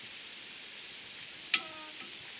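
A click-type torque wrench, pulled by the end of its handle, tightens a blade bolt on the cutting wheel of a WoodMaxx WM8H wood chipper over a steady broadband hiss. At 1.5 s the wrench gives one sharp, bright click with a short metallic ring that fades within about half a second, followed by a faint tick near 2.0 s. The click means the set torque has been reached.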